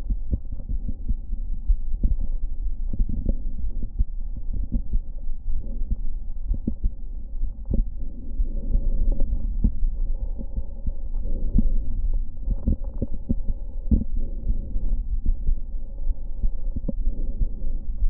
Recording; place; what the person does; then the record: lung sounds by stethoscope; right anterior apical chest; quiet breathing, then deep breathing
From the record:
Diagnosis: interstitial lung disease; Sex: female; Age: 60 years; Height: 154 cm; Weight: 68.1 kg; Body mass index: 28.7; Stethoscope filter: diaphragm mode